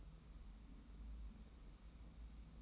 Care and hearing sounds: daily activity, microphone in the room; take from stove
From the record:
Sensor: 1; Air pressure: 994.4 hPa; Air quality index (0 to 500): 229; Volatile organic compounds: 1000 ppm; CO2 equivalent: 8255 ppm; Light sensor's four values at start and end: 139/321/143/157 and 140/321/143/157

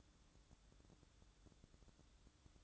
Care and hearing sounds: daily activity, microphone in the room; take from stove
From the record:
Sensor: 3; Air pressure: 1008.1 hPa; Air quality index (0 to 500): 126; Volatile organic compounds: 2 ppm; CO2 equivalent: 1045 ppm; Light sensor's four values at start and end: 9/21/8/8 and 9/20/8/8

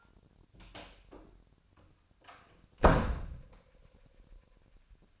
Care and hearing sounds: daily activity, microphone in the room; close door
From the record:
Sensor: 2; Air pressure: 1007.2 hPa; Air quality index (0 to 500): 189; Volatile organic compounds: 11 ppm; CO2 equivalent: 2315 ppm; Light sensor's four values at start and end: 10/24/10/10 and 10/23/10/10

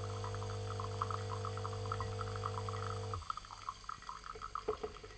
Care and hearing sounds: daily activity, microphone in the room; make coffee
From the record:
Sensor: 4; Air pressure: 1010.2 hPa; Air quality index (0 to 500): 180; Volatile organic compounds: 5 ppm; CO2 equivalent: 1828 ppm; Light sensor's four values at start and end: 28/82/32/32 and 28/82/32/32

